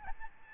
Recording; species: mosquito wingbeat signal from an infrared sensor; Aedes albopictus